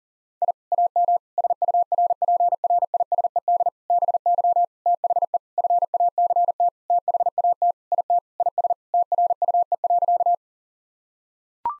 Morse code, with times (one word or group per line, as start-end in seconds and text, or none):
0.4-0.5 I
0.7-1.2 AM
1.4-3.7 SURPRISED
3.9-4.6 BY
4.9-5.4 THE
5.6-6.7 FACT
6.9-7.7 THAT
7.9-8.2 IT
8.4-8.7 IS
8.9-10.3 TRUE.